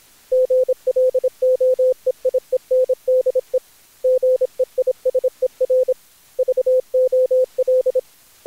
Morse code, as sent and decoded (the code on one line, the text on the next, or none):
--. .-.. --- . .. . -. -.. . / --. . .. ... . .-. / ...- --- .-..
GLOEIENDE GEISER VOL